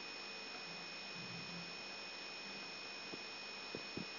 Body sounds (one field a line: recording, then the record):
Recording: brain microelectrode recording played as sound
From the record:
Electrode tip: outside the subthalamic nucleus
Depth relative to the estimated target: -6 mm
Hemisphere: right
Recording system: AlphaMap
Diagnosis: Parkinson's disease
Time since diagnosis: 14 years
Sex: male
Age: 66 years